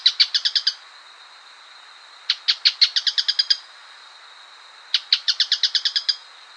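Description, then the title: Bird song: three bursts of rapid, sharp repeated notes about every two and a half seconds, joined by a steady high thin tone. "LuckyPassaro Completos2Sama"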